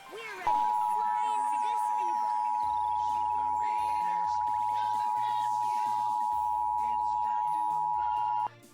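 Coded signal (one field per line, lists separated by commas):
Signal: Emergency Alert System (SAME) tones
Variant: 853 and 960 Hz attention tone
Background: music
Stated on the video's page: Real civil emergency message Blue Alert aired on digital TV during a children's programme.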